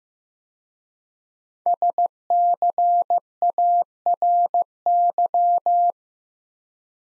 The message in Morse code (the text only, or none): SCARY